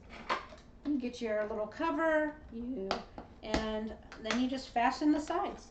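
Someone talks while a plastic cover is placed on a bento box and the lid's side clips are being fastened. Nothing has seated or clicked yet.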